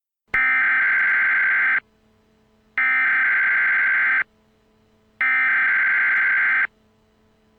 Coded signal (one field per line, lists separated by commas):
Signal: Emergency Alert System (SAME) tones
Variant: header bursts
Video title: The Terrorist Attack: An EAS Scenario